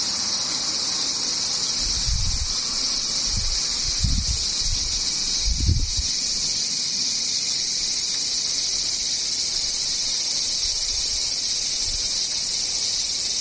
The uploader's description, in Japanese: セミ